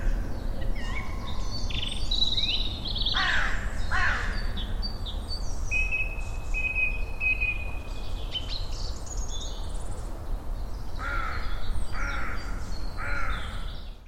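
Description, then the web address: Birds calling in a varied mix of whistled notes and harsh, buzzy calls over a steady low rumble of background noise. "cianscape. Deverinetal. Bird Only"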